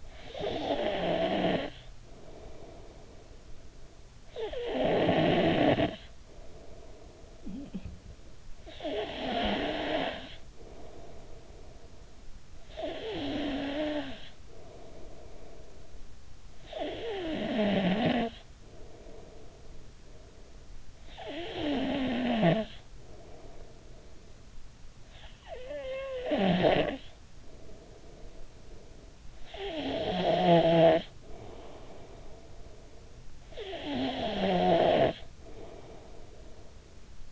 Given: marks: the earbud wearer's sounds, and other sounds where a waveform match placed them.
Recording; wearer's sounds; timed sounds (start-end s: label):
sounds in sleep by an in-ear microphone; snoring breath
0.00-37.32 s: snoring breath